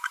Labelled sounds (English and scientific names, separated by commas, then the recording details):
Green-rumped Parrotlet (Forpus passerinus) babbling
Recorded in a nest box in Venezuela
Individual 18B25A5